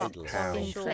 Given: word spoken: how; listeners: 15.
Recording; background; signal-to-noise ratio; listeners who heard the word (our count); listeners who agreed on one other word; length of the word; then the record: one English word in noise, from a listening test; four-talker babble; 0.1 dB; 1 of 15; 7 of 15; 0.54 s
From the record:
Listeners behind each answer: 7, 1, 1, 1, 1, 1, 1, 1, 1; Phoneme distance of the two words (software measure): 24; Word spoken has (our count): 1 syllable, 2 phonemes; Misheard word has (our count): 1 syllable, 4 phonemes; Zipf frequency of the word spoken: 6.33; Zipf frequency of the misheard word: 4.51